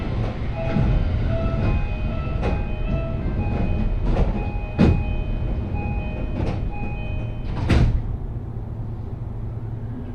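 A Joban Line local train runs along with a steady low rumble and a thin motor whine held underneath. Sharp clacks from the rails come every second or so, louder near five and eight seconds, and the whine fades after that.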